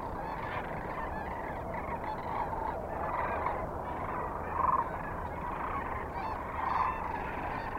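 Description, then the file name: Sandhill cranes calling in a dense flock: a constant wash of rolling, trumpeting calls, with a few louder bursts standing out. Kearney, Nebraska, 9 March 2004, recorded with other species. "2004-03-09 SACRandmore C Kearney NE"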